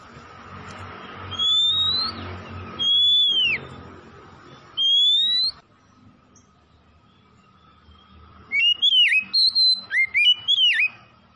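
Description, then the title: Oriental magpie-robin song: three drawn-out whistled notes, then a rapid, varied whistling phrase, against a steady hum and low rumbling noise. Tretes; singing vigorously, described as gacor. "Kacer Tretes Gacor"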